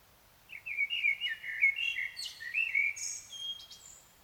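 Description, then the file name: Common blackbird song: a continuous mellow warbled phrase of rolling fluted notes, closing with thin high squeaks and a twittering tail. "Turdus merula"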